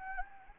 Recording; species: mosquito wingbeat signal from an infrared sensor; Anopheles gambiae